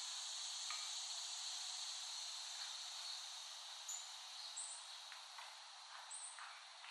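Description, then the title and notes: Cicadas droning in a steady, dense hissing chorus, with a few brief higher chirps and faint clicks standing out over the continuous buzz. Cicadas recorded by Dan Bodah in West Brighton, Staten Island, in late summer 2008. "Recording of cicadas made by Dan Bodah in West Brighton, Staten Island, late summer 2008."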